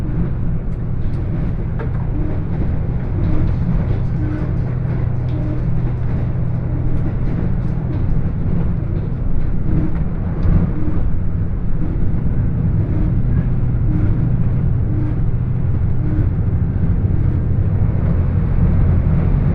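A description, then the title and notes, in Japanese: The Hida 14 limited express on the Takayama Line rolls on with a steady, dense low rumble, light rattles and clicks flickering above it. 高山本線特急ひだ14号 富山→猪谷。乗車したのは当時まだキハ85系のグリーン車。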